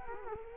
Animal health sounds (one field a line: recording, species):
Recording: mosquito wingbeat signal from an infrared sensor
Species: Culex quinquefasciatus